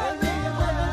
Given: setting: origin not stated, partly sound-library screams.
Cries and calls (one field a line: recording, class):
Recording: one-second piece from a danger detection set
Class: normal situation